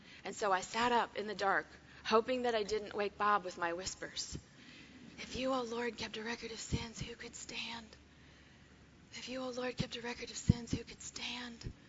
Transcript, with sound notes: and so I sat up in the dark, hoping that I didn't wake Bob with my whispers. (In a whispered voice:) “If You, O Lord, kept a record of sins, who can stand? If You, O Lord, kept a record of sins, who could stand?